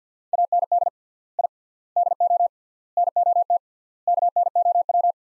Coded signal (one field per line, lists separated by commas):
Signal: Morse code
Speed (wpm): 45 wpm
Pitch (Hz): 700 Hz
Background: none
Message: AND I DO NOT KNOW